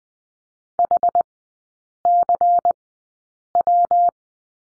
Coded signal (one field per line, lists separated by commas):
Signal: Morse code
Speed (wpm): 20 wpm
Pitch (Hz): 700 Hz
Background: none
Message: HCW